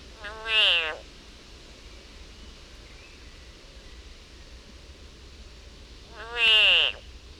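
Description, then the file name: Frog distress cries: two harsh, harmonic wailing screams, each under a second long and falling at the end, about six seconds apart, over a faint steady hiss. Frog in agony. "agony of a frog"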